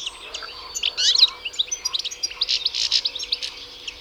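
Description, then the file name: European goldfinch song, a fast run of bright twittering and liquid chirps that carries on for the whole few seconds over a faint steady hum. "Carduelis carduelis"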